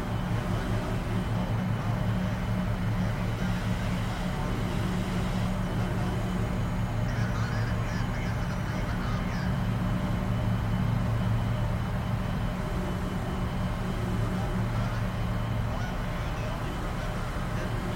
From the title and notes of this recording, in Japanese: NASAの宇宙シャトル内で最も穏やかで雰囲気のある音をお届けします。このエピソードでは、シャトルの繊細なブーンと柔らかなビープ音を体験できます。